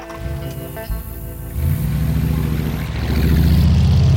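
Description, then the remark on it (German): A vehicle engine rumbles low and steady, then revs up and roars louder as it pulls off, the throaty drone holding strong to the end with no voices. “Hoffentlich verreckt ihm der Motor.”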